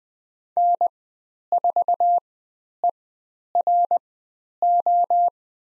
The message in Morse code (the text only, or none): N4ERO